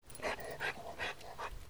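Dog panting in four short, rough, breathy bursts spaced about every 0.4 seconds, over faint background hiss.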